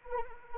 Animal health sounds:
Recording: mosquito wingbeat signal from an infrared sensor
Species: Anopheles arabiensis

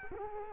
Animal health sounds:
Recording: mosquito wingbeat signal from an infrared sensor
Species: Culex quinquefasciatus

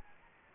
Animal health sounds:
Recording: mosquito wingbeat signal from an infrared sensor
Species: Anopheles gambiae

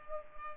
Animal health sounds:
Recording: mosquito wingbeat signal from an infrared sensor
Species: Culex pipiens

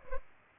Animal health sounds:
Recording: mosquito wingbeat signal from an infrared sensor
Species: Culex pipiens

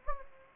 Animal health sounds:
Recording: mosquito wingbeat signal from an infrared sensor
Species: Anopheles gambiae

